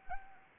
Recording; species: mosquito wingbeat signal from an infrared sensor; Anopheles arabiensis